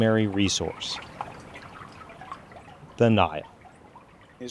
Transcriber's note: water sounds